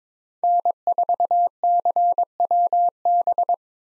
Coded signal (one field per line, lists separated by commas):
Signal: Morse code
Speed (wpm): 22 wpm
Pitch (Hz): 700 Hz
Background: none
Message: N4CWB